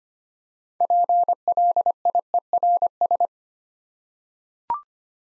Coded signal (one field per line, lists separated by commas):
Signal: Morse code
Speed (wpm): 25 wpm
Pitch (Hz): 700 Hz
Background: none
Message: PLIERS